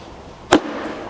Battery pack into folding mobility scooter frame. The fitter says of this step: push it down when you hear a sound click that's all set